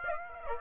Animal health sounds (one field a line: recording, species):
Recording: mosquito wingbeat signal from an infrared sensor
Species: Aedes aegypti